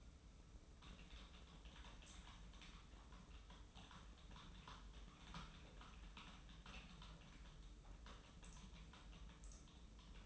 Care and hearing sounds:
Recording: daily activity, microphone in the room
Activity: typing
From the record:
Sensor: 1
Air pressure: 991.0 hPa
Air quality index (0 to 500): 126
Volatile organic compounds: 290 ppm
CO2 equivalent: 4458 ppm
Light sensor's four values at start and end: 23/54/23/25 and 23/55/23/25

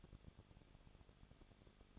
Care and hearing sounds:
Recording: daily activity, microphone in the room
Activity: no activity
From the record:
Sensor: 4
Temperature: 23.1 degrees Celsius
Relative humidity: 34.0%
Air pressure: 1007.2 hPa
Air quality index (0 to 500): 215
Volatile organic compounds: 15 ppm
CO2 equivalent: 2479 ppm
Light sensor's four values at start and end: 2/3/1/1 and 2/3/1/1

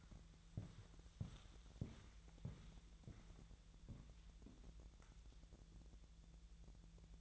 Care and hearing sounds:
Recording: daily activity, microphone in the room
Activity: walk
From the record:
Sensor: 3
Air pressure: 1002.0 hPa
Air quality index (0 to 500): 241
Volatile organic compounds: 109 ppm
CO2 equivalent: 3812 ppm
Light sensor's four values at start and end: 8/19/8/8 and 8/20/8/9

